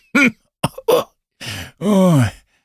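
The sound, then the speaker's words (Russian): A man coughs in several harsh bursts, short hacking coughs followed by a longer, strained, groaning cough that trails off, with brief pauses between them. “Ой, этот кашель. Он скоро развалит меня на части.”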